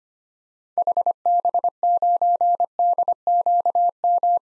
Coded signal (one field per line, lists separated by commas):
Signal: Morse code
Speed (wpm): 25 wpm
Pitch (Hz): 700 Hz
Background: none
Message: HB9DQM